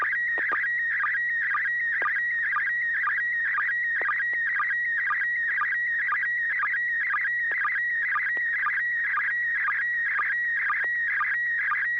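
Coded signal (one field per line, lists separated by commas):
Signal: SSTV (slow-scan television)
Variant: PD120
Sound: warbling, chirping tone with steady rhythmic ticks about twice per second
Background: low hum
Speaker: thank you this is going to be uh PD 120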